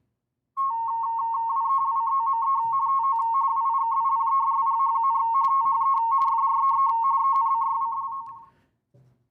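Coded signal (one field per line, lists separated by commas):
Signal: RTTY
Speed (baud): 45.45 baud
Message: WELCOME TO WIKIPEDIA, THE FREE ENCYCLO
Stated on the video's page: Amateur radio re-creation of the first wireless transmission over land, between two university-area club stations.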